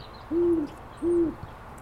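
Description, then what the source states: Great Horned Owl hooting: two deep, even, level hoots about a third of a second apart, with faint background hiss. Owl perched about halfway up a willow at a nesting site in a park in Louisville, Boulder County, in May; big ear tufts, about 18 inches tall; a second owl to the right.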